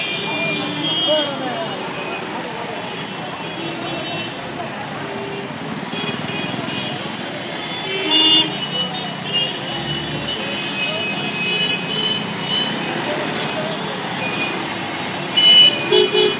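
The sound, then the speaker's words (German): Busy street traffic in Mumbai with a steady roar of engines and frequent short car horn toots sounding over it, a few louder honks bunching together near the end. “Also was ich ja großartig fand, ist, du hast uns ja eine Impression vom Mumbaier Straßenverkehr aufgenommen.”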